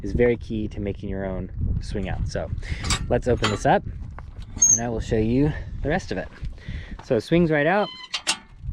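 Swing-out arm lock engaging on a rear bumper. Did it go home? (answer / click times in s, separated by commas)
yes / 8.1 s, 8.3 s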